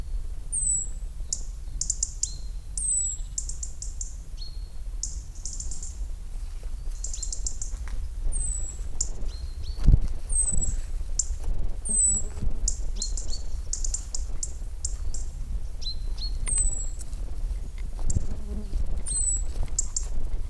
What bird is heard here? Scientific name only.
Erithacus rubecula